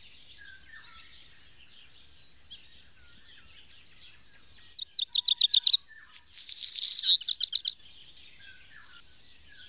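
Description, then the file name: Black redstart delivering one song phrase of quick rattling pulses and a scratchy, crackling ending, while thin high chirps repeat steadily in the background. "hazirozsdafarku"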